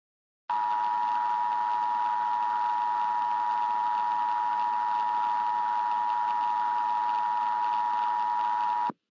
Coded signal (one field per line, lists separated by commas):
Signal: Emergency Alert System (SAME) tones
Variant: 853 and 960 Hz attention tone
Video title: EAS Scenario - Hypernado (Rescripted Version)